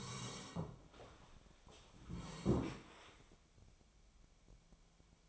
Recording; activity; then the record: daily activity, microphone in the room; sit down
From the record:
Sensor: 1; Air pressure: 1015.2 hPa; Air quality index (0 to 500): 194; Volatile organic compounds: 21 ppm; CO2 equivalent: 2717 ppm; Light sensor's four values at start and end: 12/28/12/13 and 12/30/12/13